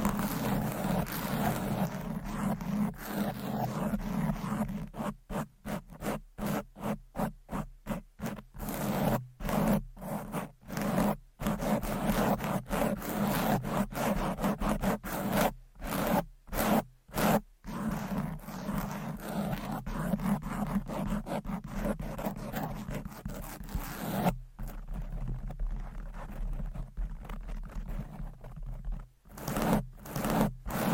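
Fast, aggressive scratching on a microphone with nails and covers, dense rough rasping broken by rapid gaps, with a quieter duller stretch near 25 seconds.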